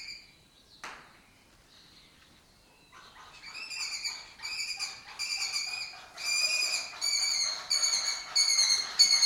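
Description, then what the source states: Lesser kestrel calls: a run of harsh, nasal chattering notes that grows louder over several seconds, after a sharp click near the start. Colony occupying an abandoned building complex in Doñana, a southern European breeding area; migratory raptor that forages in West Africa.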